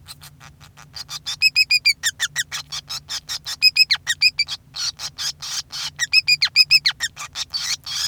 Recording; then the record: song of a male Bengalese finch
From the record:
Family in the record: son of father 5